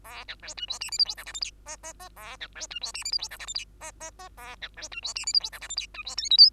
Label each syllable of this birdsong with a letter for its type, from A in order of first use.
A B C D E F G H I J K L M N N N A B C D E F G H I J K L M N N N A B C D E F G H I J K L M D E O P Q